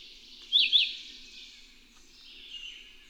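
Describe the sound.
Bird chirps: two quick sharp high notes near the start, then faint twittering over low background noise.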